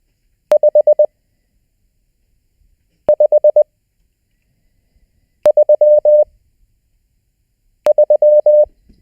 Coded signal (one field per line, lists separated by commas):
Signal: Morse code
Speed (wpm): 20 wpm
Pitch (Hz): 600 Hz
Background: none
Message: 5 5 3 3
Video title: Learn Morse: Homework 4